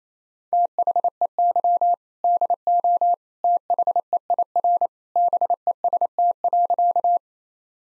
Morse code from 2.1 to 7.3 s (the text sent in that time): DO THEIR BEST.